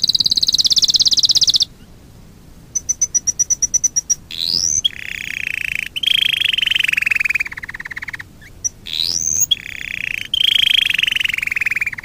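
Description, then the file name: Domestic canary singing a high trill, a ticking rattle, then a rising whistle and long rolling trills, repeated after a pause. Fife canary. "kenari-fife-v 2-omkicau"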